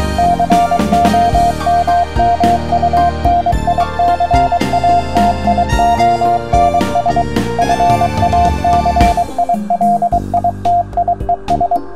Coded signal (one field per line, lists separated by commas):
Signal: Morse code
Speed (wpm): 23 wpm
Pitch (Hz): 700 Hz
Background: music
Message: COMMUNICATIONS FACILITIES